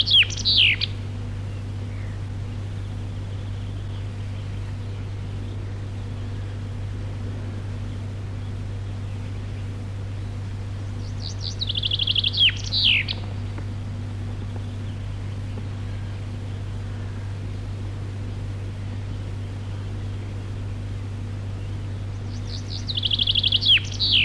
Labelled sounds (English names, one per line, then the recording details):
Common Chaffinch song
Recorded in the wild
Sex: male
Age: adult
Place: Przytocko, Pomorskie, PL
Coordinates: 54.1211, 16.8428
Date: 1965-07-05 05:25
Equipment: Grundig TK 4, BG 20/6 - 19 cm/s
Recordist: Schubert, Michael